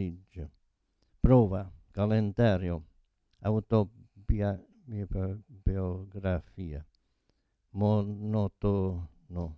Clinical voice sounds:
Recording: read list of words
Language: Italian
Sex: male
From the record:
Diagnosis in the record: Parkinson's disease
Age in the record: 72 years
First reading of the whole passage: 118 s, 4.4 characters per second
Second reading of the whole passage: 99 s, 5.2 characters per second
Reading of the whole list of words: 88 s, 3.2 characters per second

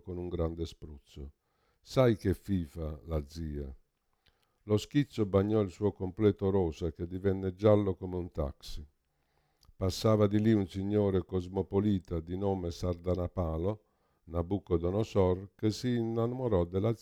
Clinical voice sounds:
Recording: read passage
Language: Italian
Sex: male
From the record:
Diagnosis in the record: Parkinson's disease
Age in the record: 65 years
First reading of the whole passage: 52 s, 9.9 characters per second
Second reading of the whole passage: 50 s, 10.3 characters per second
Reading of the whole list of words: 40 s, 7.0 characters per second

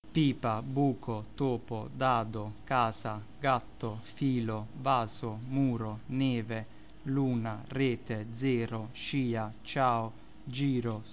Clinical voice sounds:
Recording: read list of words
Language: Italian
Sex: male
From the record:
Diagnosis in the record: healthy control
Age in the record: 29 years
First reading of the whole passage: 42 s, 12.4 characters per second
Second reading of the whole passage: 42 s, 12.2 characters per second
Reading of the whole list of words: 38 s, 7.3 characters per second

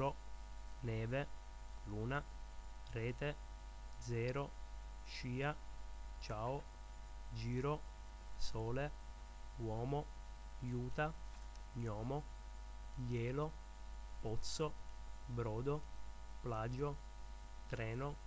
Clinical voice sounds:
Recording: read list of words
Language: Italian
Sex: male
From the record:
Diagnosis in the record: healthy control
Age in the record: 21 years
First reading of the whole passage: 51 s, 10.2 characters per second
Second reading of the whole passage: 47 s, 11.0 characters per second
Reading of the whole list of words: 60 s, 4.7 characters per second

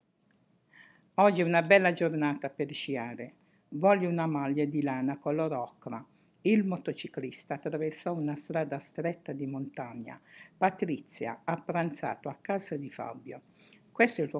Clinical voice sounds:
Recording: read phrases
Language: Italian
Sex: female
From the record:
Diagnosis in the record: healthy control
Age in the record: 68 years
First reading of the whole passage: 56 s, 9.3 characters per second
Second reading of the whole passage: 53 s, 9.8 characters per second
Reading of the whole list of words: 52 s, 5.4 characters per second

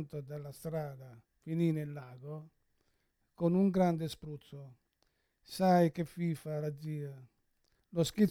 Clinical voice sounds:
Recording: read passage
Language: Italian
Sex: male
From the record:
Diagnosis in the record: Parkinson's disease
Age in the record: 71 years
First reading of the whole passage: 60 s, 8.7 characters per second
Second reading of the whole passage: 57 s, 9.1 characters per second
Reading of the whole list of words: 54 s, 5.3 characters per second

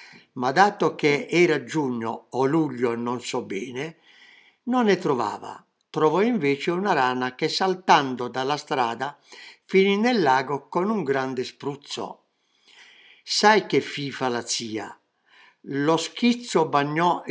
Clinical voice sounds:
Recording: read passage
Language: Italian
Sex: male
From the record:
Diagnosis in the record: healthy control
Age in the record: 77 years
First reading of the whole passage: 68 s, 7.6 characters per second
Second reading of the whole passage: 60 s, 8.3 characters per second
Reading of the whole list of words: 67 s, 4.2 characters per second

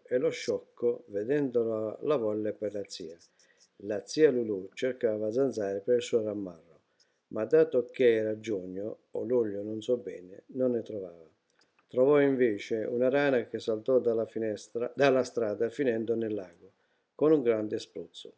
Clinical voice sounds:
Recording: read passage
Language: Italian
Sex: male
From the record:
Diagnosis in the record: healthy control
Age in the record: 68 years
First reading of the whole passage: 59 s, 8.4 characters per second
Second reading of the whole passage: 56 s, 8.8 characters per second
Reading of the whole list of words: 34 s, 8.3 characters per second

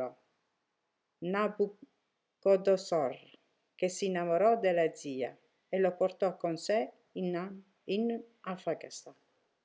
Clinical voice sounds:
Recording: read passage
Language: Italian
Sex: female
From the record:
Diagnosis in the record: healthy control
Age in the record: 63 years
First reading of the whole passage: 70 s, 6.7 characters per second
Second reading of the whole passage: 71 s, 6.6 characters per second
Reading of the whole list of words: 45 s, 6.3 characters per second

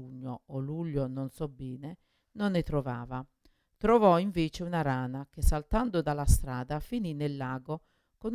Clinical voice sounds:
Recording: read passage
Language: Italian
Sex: female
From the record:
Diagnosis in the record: Parkinson's disease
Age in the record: 61 years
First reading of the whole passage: 53 s, 9.7 characters per second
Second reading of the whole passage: 51 s, 10.1 characters per second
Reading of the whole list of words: 49 s, 5.7 characters per second

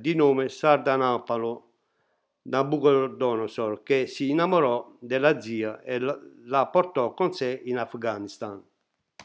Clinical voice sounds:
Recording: read passage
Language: Italian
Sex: male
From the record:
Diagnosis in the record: healthy control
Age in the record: 68 years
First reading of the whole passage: 60 s, 8.7 characters per second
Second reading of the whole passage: 55 s, 9.3 characters per second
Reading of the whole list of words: 43 s, 6.5 characters per second

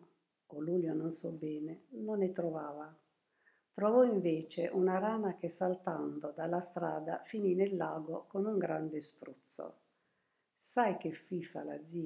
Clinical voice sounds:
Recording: read passage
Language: Italian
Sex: female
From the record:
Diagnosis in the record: healthy control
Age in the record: 72 years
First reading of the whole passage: 67 s, 7.5 characters per second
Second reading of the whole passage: 67 s, 7.5 characters per second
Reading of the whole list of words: 68 s, 4.2 characters per second

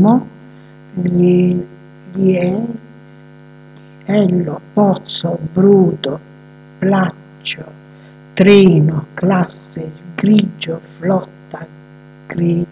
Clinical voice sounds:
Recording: read list of words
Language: Italian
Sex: female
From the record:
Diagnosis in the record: healthy control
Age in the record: 62 years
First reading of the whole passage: 101 s, 4.7 characters per second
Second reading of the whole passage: 77 s, 5.9 characters per second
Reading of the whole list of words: 66 s, 3.9 characters per second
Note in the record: marked for poor recording quality or reading difficulty

